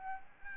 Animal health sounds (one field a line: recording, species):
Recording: mosquito wingbeat signal from an infrared sensor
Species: Aedes albopictus